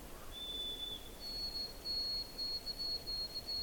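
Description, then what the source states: White-throated Sparrow song: a pure whistled note, then a step up to a higher note held in a series of steady repeated whistles, over quiet background hiss. A number of white-throated sparrows singing on a bog mat with dwarfed black spruce, cedar and Labrador tea, in mid-May during a cold, late spring.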